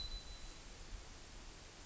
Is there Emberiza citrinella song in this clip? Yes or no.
no